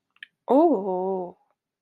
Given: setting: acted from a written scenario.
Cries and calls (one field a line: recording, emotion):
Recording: vocal sound without words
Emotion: realization